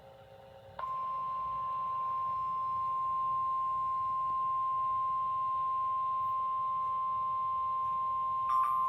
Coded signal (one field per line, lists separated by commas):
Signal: Emergency Alert System (SAME) tones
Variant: 1050 Hz attention tone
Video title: 8/28/26 Severe Thunderstorm Warning for Chambers County (EAS #88)